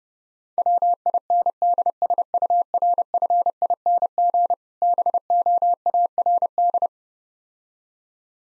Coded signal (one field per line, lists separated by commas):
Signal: Morse code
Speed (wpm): 29 wpm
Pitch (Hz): 700 Hz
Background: none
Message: WINDSURFING BOARD